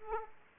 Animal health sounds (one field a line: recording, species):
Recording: mosquito wingbeat signal from an infrared sensor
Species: Aedes aegypti